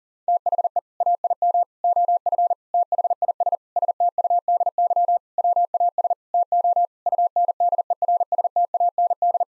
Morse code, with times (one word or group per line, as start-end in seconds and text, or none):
0.3-0.8 THE
1.0-1.6 AIM
1.8-2.5 OF
2.7-3.6 THIS
3.8-5.2 STUDY
5.4-6.1 WAS
6.3-6.9 TO
7.1-9.4 UNDERSTAND